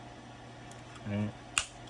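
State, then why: Seated. A 3D printed plastic enclosure lid is pushed onto its base with a friction fit, and the case halves snap closed. Someone briefly says a word, then a sharp, bright click is heard at 1.6 s as the lid seats firmly.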